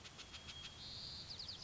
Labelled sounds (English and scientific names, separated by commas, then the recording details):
White-crowned Sparrow (Zonotrichia leucophrys)
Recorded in Sonoma County, California